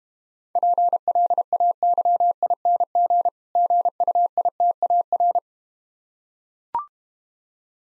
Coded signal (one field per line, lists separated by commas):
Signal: Morse code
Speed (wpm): 32 wpm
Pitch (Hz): 700 Hz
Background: none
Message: PLAYING GUITAR